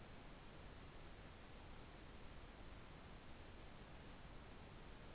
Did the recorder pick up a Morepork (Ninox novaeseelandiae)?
no